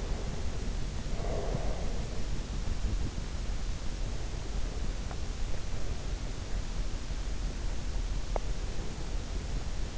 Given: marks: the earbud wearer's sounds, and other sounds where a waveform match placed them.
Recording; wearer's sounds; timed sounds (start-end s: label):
sounds in sleep by an in-ear microphone; breath
0.00-2.31 s: breath